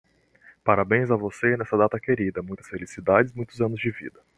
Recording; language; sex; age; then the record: short text; Brazilian Portuguese; male; 20 to 29 years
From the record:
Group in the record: control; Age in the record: 20 years